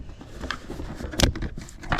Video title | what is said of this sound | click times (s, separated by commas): Self Watering Tomato planter 12x 12 | Click it together. | 1.2 s